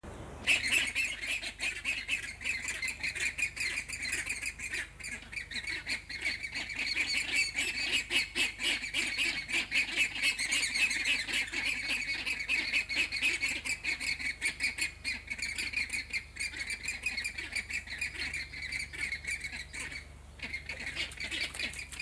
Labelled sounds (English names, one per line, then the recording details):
James's Flamingo aggressive call
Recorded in captivity
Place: Zoo Berlin, Berlin, DE
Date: 2004-05-24 15:05
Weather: bedeckt, 13°C
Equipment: Sony WM-D6C, Sennheiser ME 80, Kopie Uher 4000 Report Monitor
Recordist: Tembrock, Günter